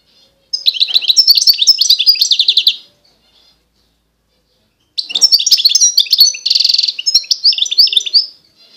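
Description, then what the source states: European goldfinch song: two bursts of rapid, tinkling twitters and chips high in pitch, the second holding a short buzzy trill, with a silent gap between. Wild bird.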